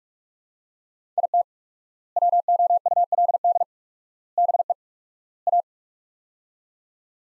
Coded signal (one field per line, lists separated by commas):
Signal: Morse code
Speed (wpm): 46 wpm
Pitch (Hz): 700 Hz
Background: none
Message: IT WOULD BE A